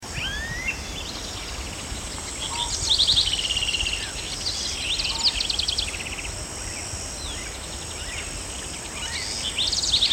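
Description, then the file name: House wren song, rapid buzzy trills and chatter in a few bursts, over a steady high hiss. "Troglodytes aedon - House Wren"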